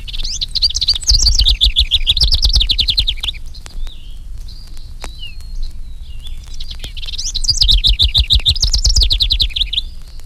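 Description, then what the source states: House Wren giving two long, bubbling songs of rapid chattering notes, separated by a pause with faint soft notes. Two house wrens singing; songs described as bubbling.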